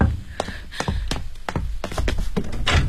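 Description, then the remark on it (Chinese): A door is opened amid a series of about a dozen sharp taps and thuds in an uneven rhythm, with a low rumble underneath and no voices, as police officers arrive in a Beijing Story Broadcast radio drama. “别怕，不会有事的，我去开门。”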